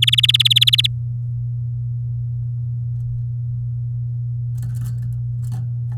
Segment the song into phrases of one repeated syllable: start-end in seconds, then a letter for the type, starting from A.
0.02-0.87 A